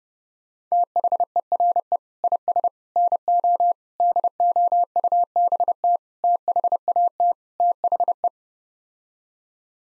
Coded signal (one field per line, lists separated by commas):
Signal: Morse code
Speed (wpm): 32 wpm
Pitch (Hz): 700 Hz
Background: none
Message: THERE IS NO DOUBT THAT THE